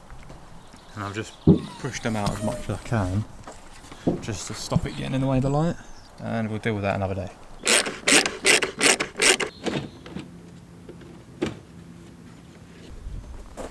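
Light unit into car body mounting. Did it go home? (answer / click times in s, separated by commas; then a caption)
no / none. Someone talks while handling a replacement light unit for an Audi, working it toward its body mounting after the snapped tabs from the old unit were pushed out of the way. A quick run of sharp knocks and rattles is heard around 8 to 9.4 seconds, with quieter handling noises after. The light unit has not yet seated or clicked into place.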